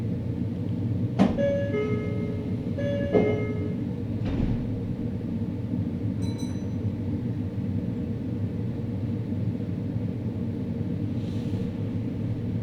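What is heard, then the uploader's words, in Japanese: A train ride on the Meitetsu Inuyama and Hiromi line, with a steady low rumble throughout. Around one and three seconds, bright metallic clinks and ringing tones sound, followed by brief clatters near four and six seconds, then the even drone continues. ガタンゴトンの旅。名古屋鉄道犬山・広見線 江南→布袋→新可児。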